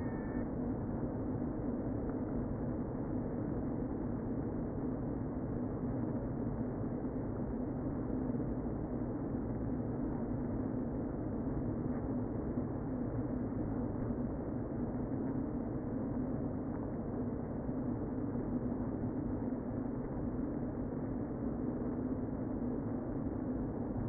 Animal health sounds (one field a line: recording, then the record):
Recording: honeybee colony, microphone inside the hive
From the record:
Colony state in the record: queen present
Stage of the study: before two queens were removed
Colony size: about 60,000 bees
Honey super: yes